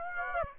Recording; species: mosquito wingbeat signal from an infrared sensor; Aedes aegypti